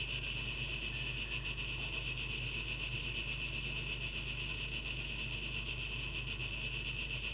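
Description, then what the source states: Cicada chorus forming an unbroken high, hissing buzz that holds level the whole time, with a low steady hum underneath. 12 August 2023; tape echo mix.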